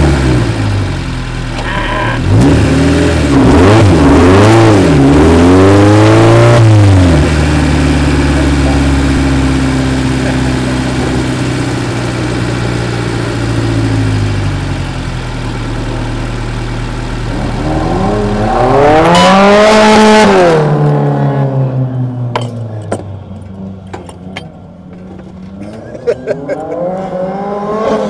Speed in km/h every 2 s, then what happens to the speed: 0, 0, 31, 31, 27, 26, 23, 15, 6, 0, 0, 0, 0, 0.
0-2 standing. 2-4 pulls away to 31. 4-17 slows to 0. 17-28 standing.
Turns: 4-9, 12-15.